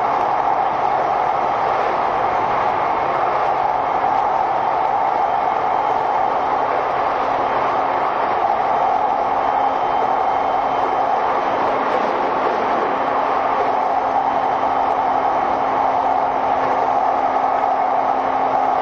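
A train runs steadily with a constant rumbling roar centered in the midrange, a faint low tone around the middle, and no distinct events.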